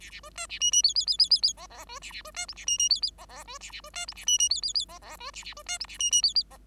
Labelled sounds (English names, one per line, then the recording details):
Bengalese Finch song
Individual Bird5